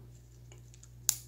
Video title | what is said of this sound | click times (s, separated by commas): [적정기술] 폴드스코프, 종이를 접어서 만든 현미경👍 | 착 넣어주면은 여러분 소리가 나면서 딱 고정이 돼요. | 1.1 s